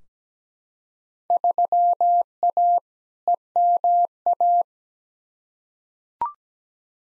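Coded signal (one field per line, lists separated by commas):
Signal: Morse code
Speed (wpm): 17 wpm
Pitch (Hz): 700 Hz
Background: none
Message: 3A EMA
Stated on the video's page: Morse practice drill of simulated Field Day contest exchanges at 17 wpm, each sent twice for head-copy.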